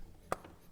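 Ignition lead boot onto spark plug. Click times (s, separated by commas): 0.3 s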